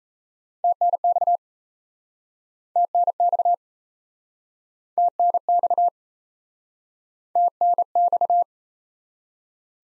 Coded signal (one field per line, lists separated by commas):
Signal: Morse code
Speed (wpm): 40 wpm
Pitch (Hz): 700 Hz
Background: none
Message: TNX TNX TNX TNX